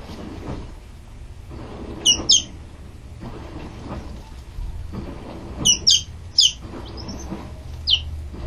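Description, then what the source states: Chicken chicks calling with thin, high peeps in short clusters over a steady appliance rumble and swishing. Chicks peeping near a running washing machine.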